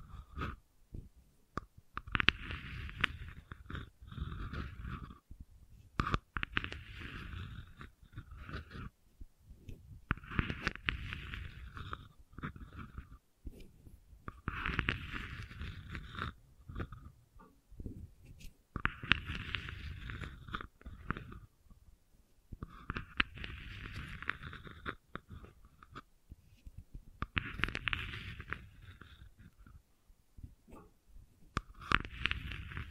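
Gentle scratching comes in repeated strokes, each lasting two or three seconds, with short pauses between them roughly every four seconds. The strokes mix a soft low rumble with a brighter raspy hiss, and light ticks and crackles fill the gaps.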